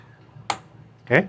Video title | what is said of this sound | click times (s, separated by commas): RAM 256gb Masih Kurang?! 😅 Emang buat apa sih? | ya sampai bunyi klik. | 0.5 s